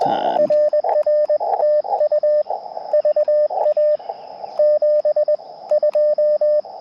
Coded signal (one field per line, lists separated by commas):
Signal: Morse code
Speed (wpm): 20 wpm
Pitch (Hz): 600 Hz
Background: radio noise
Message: RR TU VA 72